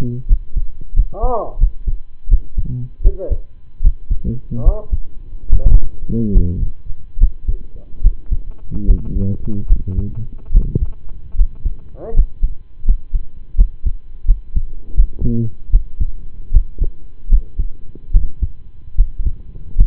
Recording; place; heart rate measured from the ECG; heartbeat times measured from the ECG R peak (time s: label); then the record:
heart sounds by stethoscope; between the tricuspid and mitral areas; 77 bpm
0.26 s: heartbeat
0.93 s: heartbeat
1.57 s: heartbeat
2.28 s: heartbeat
3.01 s: heartbeat
3.81 s: heartbeat
4.62 s: heartbeat
5.48 s: heartbeat
6.31 s: heartbeat
7.17 s: heartbeat
8.00 s: heartbeat
8.84 s: heartbeat
9.66 s: heartbeat
10.50 s: heartbeat
11.35 s: heartbeat
12.12 s: heartbeat
12.83 s: heartbeat
13.55 s: heartbeat
14.25 s: heartbeat
14.94 s: heartbeat
15.70 s: heartbeat
16.50 s: heartbeat
17.28 s: heartbeat
18.11 s: heartbeat
18.95 s: heartbeat
19.74 s: heartbeat
From the record:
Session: rest, lying down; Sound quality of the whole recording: partially saturated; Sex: male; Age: 25 years